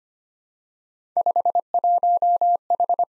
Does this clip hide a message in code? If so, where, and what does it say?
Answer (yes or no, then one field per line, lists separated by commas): yes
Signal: Morse code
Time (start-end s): 1.2-3.0 s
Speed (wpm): 25 wpm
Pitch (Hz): 700 Hz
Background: none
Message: 51H